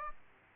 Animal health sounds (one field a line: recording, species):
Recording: mosquito wingbeat signal from an infrared sensor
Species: Aedes aegypti